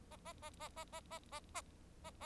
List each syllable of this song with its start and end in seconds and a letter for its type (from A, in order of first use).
0.10-0.17 A, 0.25-0.33 A, 0.42-0.50 A, 0.59-0.69 A, 0.76-0.84 A, 0.92-1.00 A, 1.10-1.19 A, 1.31-1.40 A, 1.54-1.61 A